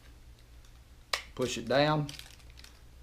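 A metal key blade on a Ford Escape key fob is slid back into the plastic fob housing after the battery is replaced and the two fob halves are rejoined. The blade is pushed down until it latches, with one sharp click at 1.1 s, and someone talks just after. The key blade is seated in the fob.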